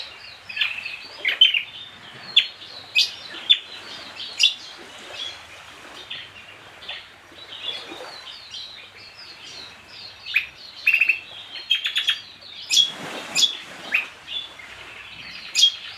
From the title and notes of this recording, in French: 4h50 du matin. L'aube se lève dans la baie de Banaré au Nord de la Presqu'île de Poum située au Nord-Ouest de la Grande Terre en Nouvelle-Calédonie. Chant d'oiseaux sur la plage de Kejaon. Au premier et second plan, on entend des méliphages à oreillons gris et au second plan des zosterops.